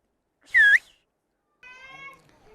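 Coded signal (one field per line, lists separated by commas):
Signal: whistled language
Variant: Turkish Kuş dili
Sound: one brief loud whistle dipping and rising in pitch, then a short voiced sound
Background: speech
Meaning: The whistled word means "stone"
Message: Taş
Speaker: Odun. Taş diyeyim mesela.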